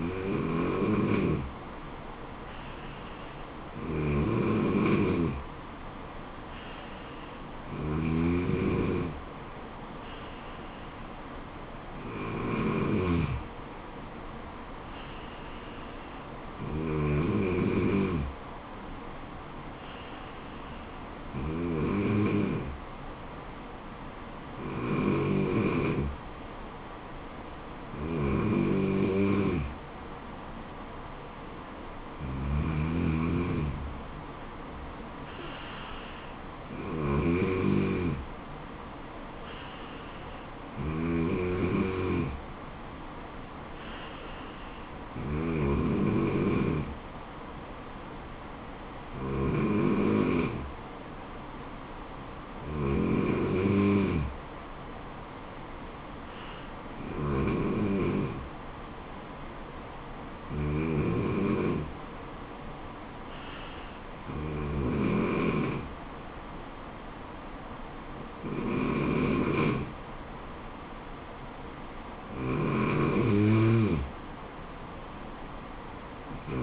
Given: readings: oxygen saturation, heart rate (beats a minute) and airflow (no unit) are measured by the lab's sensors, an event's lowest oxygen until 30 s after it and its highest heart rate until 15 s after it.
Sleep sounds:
breathing in sleep by a voice recorder at the bedside; none
23.00-76.63 s: new sleep stage, N3 (deep sleep)
From the record:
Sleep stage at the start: N2 (light sleep); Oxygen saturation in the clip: 94 to 95%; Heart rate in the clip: 68 to 77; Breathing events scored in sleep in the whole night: 426 in 7.4 hours asleep

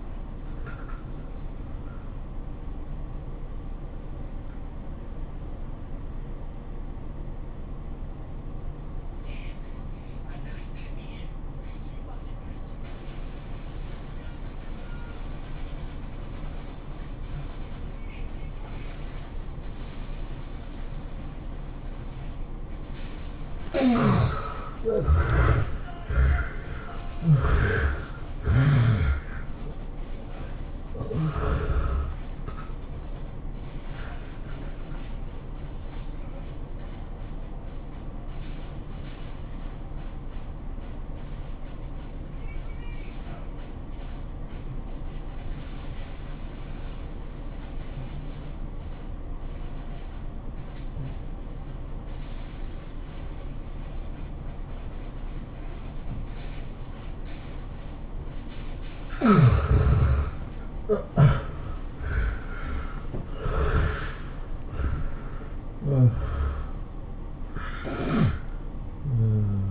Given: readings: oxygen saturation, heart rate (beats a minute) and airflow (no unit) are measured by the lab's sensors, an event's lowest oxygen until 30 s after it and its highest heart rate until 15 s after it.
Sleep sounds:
breathing in sleep by a smartphone at the bedside; 2
6.00-24.80 s: obstructive apnea (N1, oxygen 92% highest, then 75% lowest, heart rate 84 at the start, 108 highest)
37.00-60.60 s: hypopnea (N1, oxygen 93% highest, then 72% lowest, heart rate 99 at the start, 110 highest)
45.00-69.71 s: new sleep stage, N2 (light sleep)
From the record:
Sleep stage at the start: N1 (lightest sleep); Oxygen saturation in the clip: 72 to 93%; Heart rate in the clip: 81 to 110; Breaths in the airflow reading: 12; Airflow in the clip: -17.1 to 17.4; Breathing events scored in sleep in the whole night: 403 in 5.5 hours asleep

